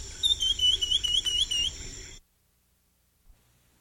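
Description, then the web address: Cinnamon becard song, a series of about eight thin, high whistled notes repeated rapidly, each slightly wavering, ending abruptly after two seconds with low background hum. South America. "Natures Songs S America Cinnamon Becard"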